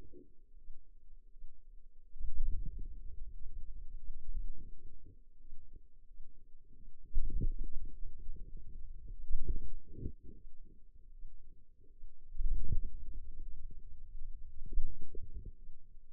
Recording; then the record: forearm muscle sounds (acoustic myography)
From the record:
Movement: wrist flexion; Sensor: system 2, bracelet of six BSWA MPA416 microphones around the upper forearm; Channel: 1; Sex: female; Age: 23 years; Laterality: right